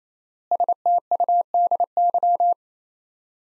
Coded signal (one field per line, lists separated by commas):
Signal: Morse code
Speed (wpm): 28 wpm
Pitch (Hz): 700 Hz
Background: none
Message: STUDY